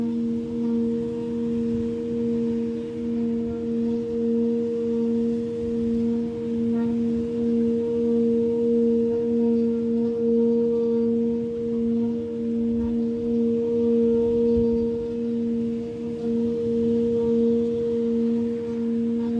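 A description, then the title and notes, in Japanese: A singing bowl rings on without a break, its steady low hum layered with a clearer tone above it. Faint higher overtones shimmer and waver slightly through the nineteen seconds, while the loudness stays even with no fresh strikes. メキシコから シンギングボウルのサウンドヒーリング ライブ。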